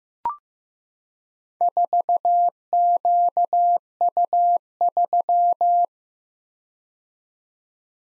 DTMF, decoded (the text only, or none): none